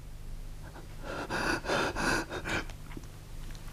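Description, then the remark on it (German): Heavy, ragged gasping breaths come in a quick run of loud, rasping inhales and exhales, swelling for about a second and a half before trailing off into softer, fainter breathing. “Atmen. Atmen.”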